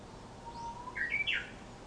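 Japanese bush warbler song: a long, steady whistled note followed by a quick rising-then-falling flourish of brighter whistles.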